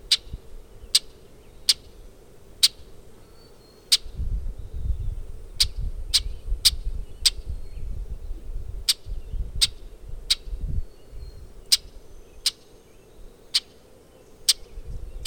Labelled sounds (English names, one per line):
Brewer's Blackbird call